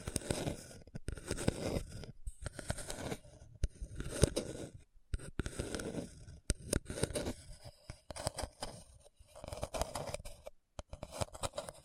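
Scratching over a hard, bumpy surface in uneven bursts, each lasting a second or two, separated by short silences. The rough grinding is dense and full from low to bright, peppered with sharp clicks and snapping pops throughout.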